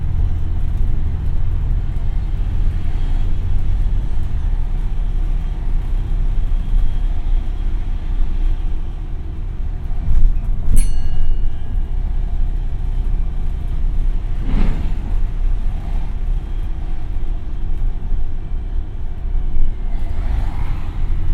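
A bus ride through Brighton brings a steady, heavy engine rumble, a sharp high squeal near eleven seconds, and a brief surge around fifteen seconds.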